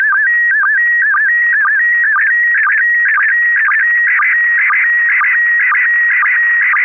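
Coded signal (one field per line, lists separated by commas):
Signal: SSTV (slow-scan television)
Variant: PD 120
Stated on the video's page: Weekly SSTV net on an FM repeater, 441.300 MHz, Wednesday evenings; pictures sent with MMSSTV software.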